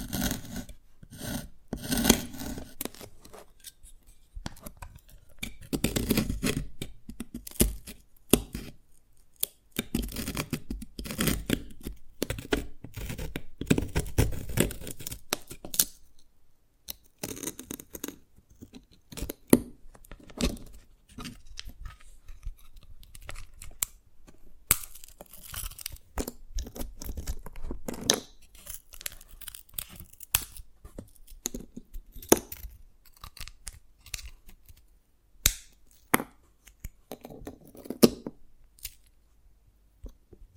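Tapping and cracking on dalgona candy, a steady run of quick, sharp clicks and crisp snaps packed closely together. Louder, denser bursts of scraping and crunching come in the first fifteen seconds, then lighter, sparser taps and scratches continue to the end.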